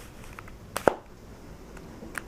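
A fixed-blade knife, its handle flaring at the butt and the guard, is pushed into its formed sheath. It clicks into place with two sharp clicks at 0.8 and 0.9 seconds, over a quiet background with a few faint ticks around 2.2 seconds. The knife is seated in the sheath.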